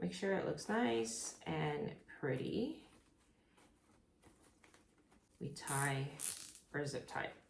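Someone talks while a plastic zip tie is handled around deco mesh and ribbon on a wreath frame, with the zip tie needing to click down as it ratchets closed or it will come loose. Between the speech there are quiet rustling sounds and two faint short taps at about 4.6 and 4.7 seconds. Nothing has seated or clicked yet.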